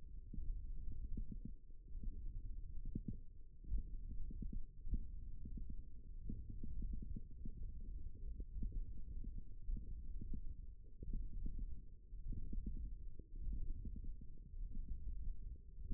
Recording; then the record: forearm muscle sounds (acoustic myography)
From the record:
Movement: tripod grip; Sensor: system 1, eight BSWA MPA416 microphones around the upper forearm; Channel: 2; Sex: male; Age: 18 years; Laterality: right